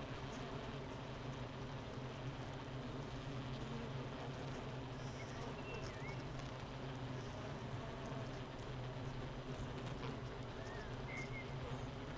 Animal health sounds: honeybee colony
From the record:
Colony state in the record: missing queen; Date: 31 May 2018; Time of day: 8:04

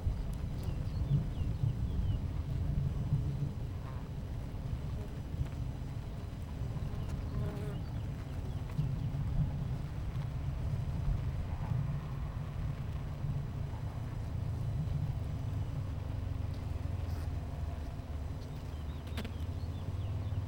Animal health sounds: honeybee colony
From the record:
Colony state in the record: missing queen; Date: 14 July 2017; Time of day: 11:10

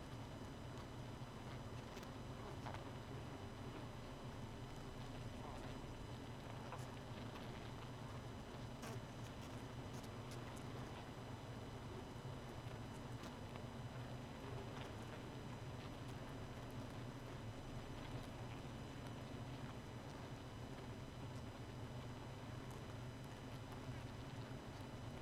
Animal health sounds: honeybee colony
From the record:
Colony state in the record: missing queen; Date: 31 May 2018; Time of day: 0:24

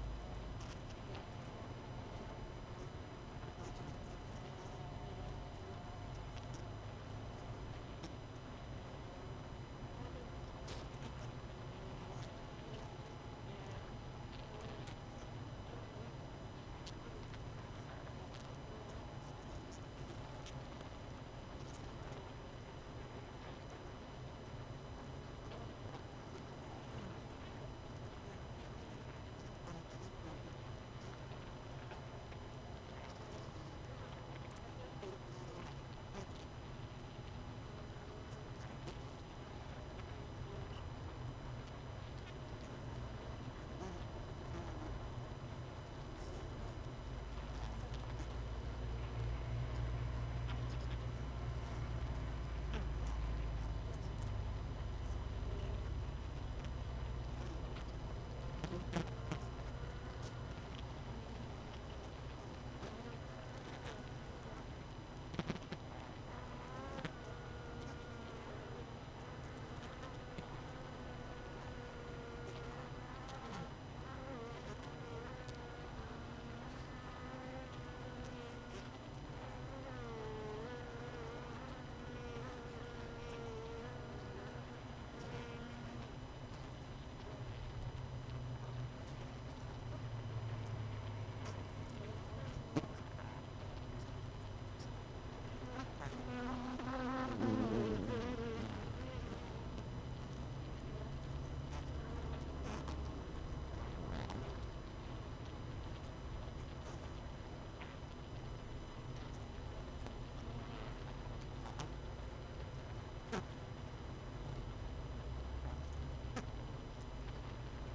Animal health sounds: honeybee colony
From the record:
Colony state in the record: missing queen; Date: 31 May 2018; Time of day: 18:21

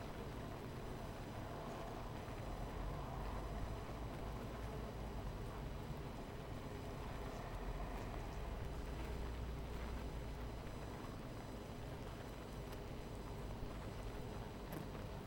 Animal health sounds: honeybee colony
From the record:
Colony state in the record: missing queen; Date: 14 July 2017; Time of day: 12:42

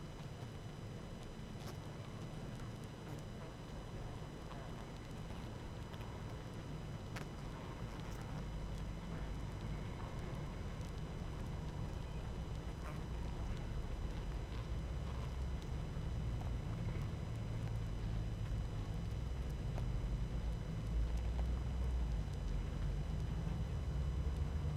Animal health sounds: honeybee colony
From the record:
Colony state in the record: active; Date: 12 June 2018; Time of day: 18:39

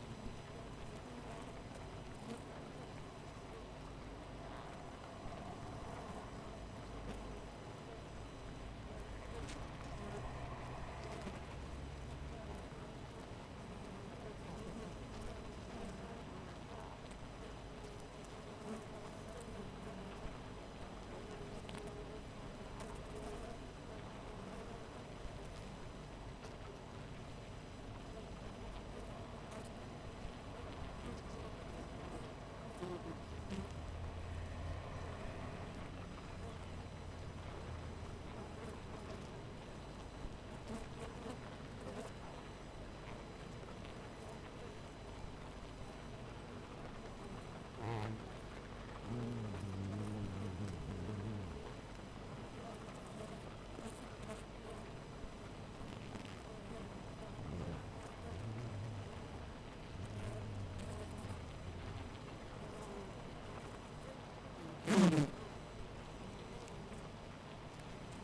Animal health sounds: honeybee colony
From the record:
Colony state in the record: missing queen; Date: 14 July 2017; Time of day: 5:24

